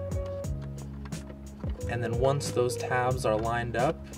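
The interior map light lens of a 4th-gen 1994–2004 Ford Mustang is handled at the roof console housing, with its two front tabs lined up toward the nose of the car before the back tabs are pressed home. Music plays throughout while someone talks, with a few faint taps at about 0.6, 1.1 and 1.6 seconds. Nothing has seated or clicked yet.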